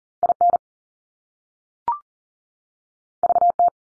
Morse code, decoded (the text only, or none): I N V T